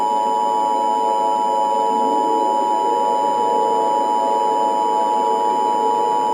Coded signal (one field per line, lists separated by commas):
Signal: Emergency Alert System (SAME) tones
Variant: 853 and 960 Hz attention tone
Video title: Mini EAS Scenario - The Devil's Terror War